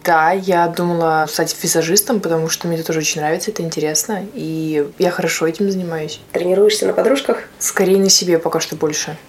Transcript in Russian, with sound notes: Да, я думала стать визажистом, потому что мне это тоже очень нравится, это интересно, и я хорошо этим занимаюсь. (с улыбкой)
Тренируешься на подружках?
Скорее, на себе пока что больше.